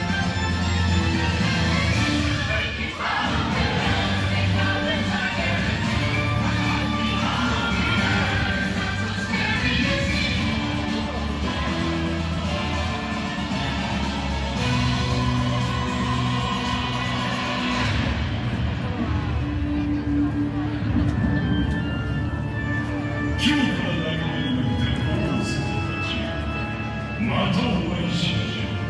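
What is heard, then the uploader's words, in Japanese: A parade is underway, with a dense, steady wash of sound that barely changes in loudness for the whole half minute. Voices and sustained musical tones run throughout, and sharp bright accents stand out now and then, notably near 2, 18 and 24 seconds. パレードやってる！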